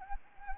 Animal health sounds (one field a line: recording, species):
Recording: mosquito wingbeat signal from an infrared sensor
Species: Anopheles gambiae